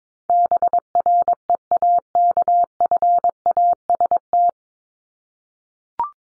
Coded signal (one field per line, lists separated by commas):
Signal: Morse code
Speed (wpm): 22 wpm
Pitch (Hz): 700 Hz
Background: none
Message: BREAKFAST